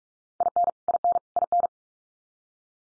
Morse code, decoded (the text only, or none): IN IN IN